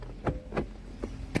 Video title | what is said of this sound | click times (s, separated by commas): Set Up Caravan | insert the same way until you hear a click | 1.4 s